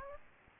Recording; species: mosquito wingbeat signal from an infrared sensor; Aedes albopictus